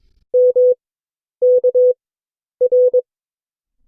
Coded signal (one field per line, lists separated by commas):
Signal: Morse code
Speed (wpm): 22 wpm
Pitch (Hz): 500 Hz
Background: none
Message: M K R